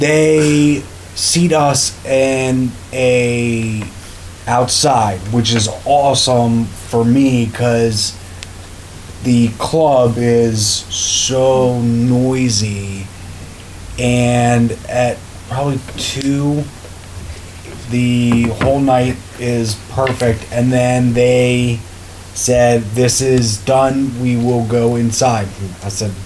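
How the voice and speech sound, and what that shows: Halting adult male speech with long pauses, drawn-out fillers and broken grammar: aphasia in a stroke or traumatic brain injury survivor.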